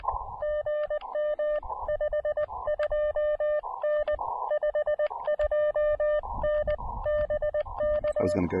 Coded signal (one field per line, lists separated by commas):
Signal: Morse code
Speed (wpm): 19 wpm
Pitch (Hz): 590 Hz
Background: none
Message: GM 52N 52N BK